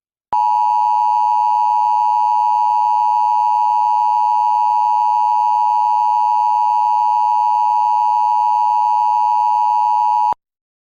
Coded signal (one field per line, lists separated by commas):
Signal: Emergency Alert System (SAME) tones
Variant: 853 and 960 Hz attention tone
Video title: EAS Scenario #19 - The Wraith of Admin Romeo